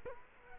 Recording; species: mosquito wingbeat signal from an infrared sensor; Culex quinquefasciatus